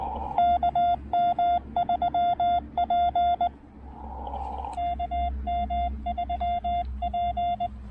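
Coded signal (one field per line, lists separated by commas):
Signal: Morse code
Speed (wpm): 20 wpm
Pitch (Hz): 690 Hz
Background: none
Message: KM3P KM3P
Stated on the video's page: Live CW POTA park activation in heavy rain, QRP.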